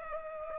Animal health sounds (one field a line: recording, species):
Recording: mosquito wingbeat signal from an infrared sensor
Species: Culex pipiens